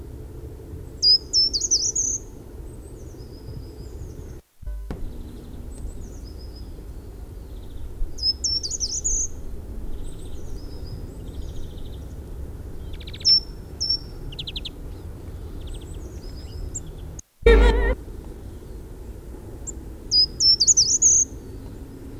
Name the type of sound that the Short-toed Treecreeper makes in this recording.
song